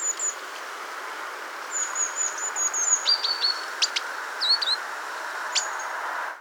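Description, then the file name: Great tit giving thin, very high drawn-out whistles, then a run of quick, sharp chirps, set against a constant broad rushing background noise. "Parus major"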